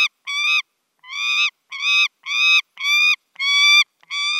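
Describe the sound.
Saker falcon giving a short run of strident, harsh calls at an uneven pace, some notes longer and drawn out, with brief gaps between.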